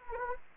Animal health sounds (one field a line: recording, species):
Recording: mosquito wingbeat signal from an infrared sensor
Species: Anopheles arabiensis